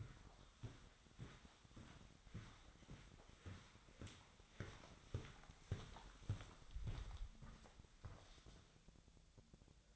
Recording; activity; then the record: daily activity, microphone in the room; walk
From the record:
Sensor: 3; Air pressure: 1009.3 hPa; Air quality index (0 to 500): 192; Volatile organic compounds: 4 ppm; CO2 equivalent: 1554 ppm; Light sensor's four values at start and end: 57/147/65/67 and 58/150/66/68